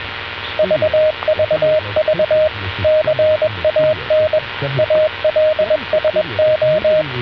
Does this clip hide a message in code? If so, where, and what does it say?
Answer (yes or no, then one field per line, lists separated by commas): yes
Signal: Morse code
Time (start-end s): 0.6-7.0 s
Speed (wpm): 21 wpm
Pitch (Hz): 620 Hz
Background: radio noise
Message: VVV CAN ALSO